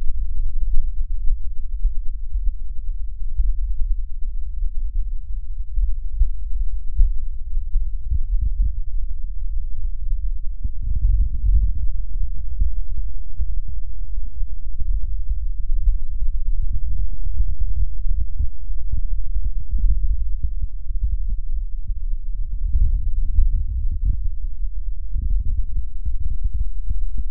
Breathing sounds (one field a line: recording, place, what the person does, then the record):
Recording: lung sounds by stethoscope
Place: left posterior apical chest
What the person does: quiet breathing, then deep breathing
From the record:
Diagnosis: none (healthy)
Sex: male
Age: 35 years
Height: 186 cm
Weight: 108 kg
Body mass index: 31.2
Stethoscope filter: bell mode